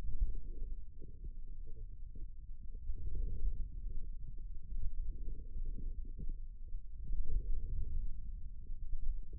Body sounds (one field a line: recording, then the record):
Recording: forearm muscle sounds (acoustic myography)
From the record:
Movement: wrist extension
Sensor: system 2, bracelet of six BSWA MPA416 microphones around the upper forearm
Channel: 4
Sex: male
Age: 22 years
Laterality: right